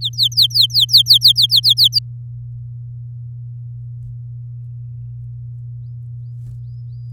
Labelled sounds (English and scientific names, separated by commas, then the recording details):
Domestic Canary (Serinus canaria) song
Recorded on 6 May 2018 at 06:09
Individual llb16